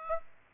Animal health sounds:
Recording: mosquito wingbeat signal from an infrared sensor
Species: Aedes aegypti

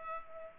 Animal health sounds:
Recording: mosquito wingbeat signal from an infrared sensor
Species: Culex pipiens

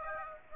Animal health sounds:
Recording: mosquito wingbeat signal from an infrared sensor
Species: Aedes aegypti

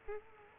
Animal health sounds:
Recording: mosquito wingbeat signal from an infrared sensor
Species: Culex quinquefasciatus

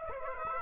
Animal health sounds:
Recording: mosquito wingbeat signal from an infrared sensor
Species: Aedes aegypti

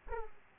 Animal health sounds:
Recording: mosquito wingbeat signal from an infrared sensor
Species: Aedes aegypti

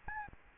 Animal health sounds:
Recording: mosquito wingbeat signal from an infrared sensor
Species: Aedes albopictus

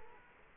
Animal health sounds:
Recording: mosquito wingbeat signal from an infrared sensor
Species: Culex quinquefasciatus

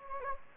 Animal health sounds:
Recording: mosquito wingbeat signal from an infrared sensor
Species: Anopheles gambiae

